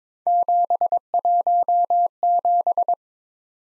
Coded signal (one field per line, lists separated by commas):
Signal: Morse code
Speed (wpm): 26 wpm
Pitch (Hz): 700 Hz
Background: none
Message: 717